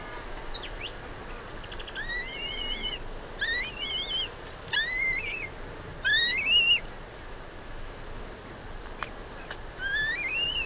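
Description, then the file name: Black-breasted buzzard giving rising, wavering whistles in loose groups, with a pause after seven seconds, then one more call near the end; faint background hiss. "Hamirostra Melanosternon"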